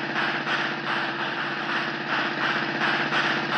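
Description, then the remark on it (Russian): A car engine runs as detectives drive off in their automobile, with a steady, buzzing rumble and a rapid low throb, holding an even loudness throughout with no voices. “Довольные сыщики схватили синий ящик и уселись в свой автомобиль.”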